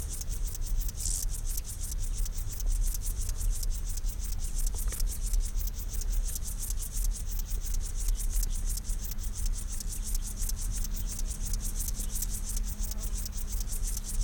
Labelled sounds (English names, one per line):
Upland Field Grasshopper